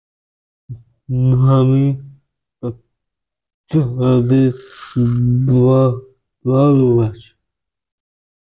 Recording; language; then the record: elicited speech; Bengali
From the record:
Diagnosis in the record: Broca's or global aphasia after a stroke